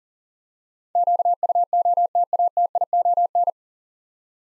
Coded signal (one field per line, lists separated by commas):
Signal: Morse code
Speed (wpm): 40 wpm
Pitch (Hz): 700 Hz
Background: none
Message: QUOTATION